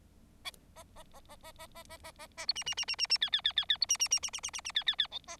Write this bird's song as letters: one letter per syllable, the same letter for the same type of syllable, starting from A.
A A A A A A A A A A A B C C C C C C D D D D D B C C C C C C C C D D D E A